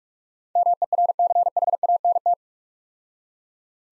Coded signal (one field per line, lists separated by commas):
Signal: Morse code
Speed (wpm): 45 wpm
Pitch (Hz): 700 Hz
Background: none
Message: MERCHANT